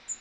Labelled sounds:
Bay-breasted Warbler flight call

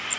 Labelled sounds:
Worm-eating Warbler flight call

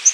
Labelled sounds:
Yellow-rumped Warbler flight call

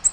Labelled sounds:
Nashville Warbler flight call

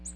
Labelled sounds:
Ovenbird flight call

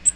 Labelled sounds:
Magnolia Warbler flight call

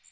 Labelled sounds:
Magnolia Warbler flight call

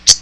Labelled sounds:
Common Yellowthroat flight call

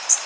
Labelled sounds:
Blackburnian Warbler flight call

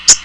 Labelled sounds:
Common Yellowthroat flight call

